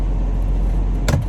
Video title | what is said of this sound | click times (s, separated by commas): SFI 2 month Update and New GPS with built in Dash-cam! | you probably heard it snap in uh it's very sturdy | 1.1 s